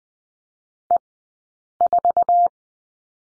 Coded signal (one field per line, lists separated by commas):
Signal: Morse code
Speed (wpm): 20 wpm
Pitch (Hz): 700 Hz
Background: none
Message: E4